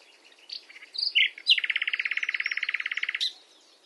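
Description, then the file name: Common nightingale song: a few scratchy introductory notes, then a loud, fast, regular throbbing series of repeated notes, ending in a high flick. "Luscinia megarhynchos"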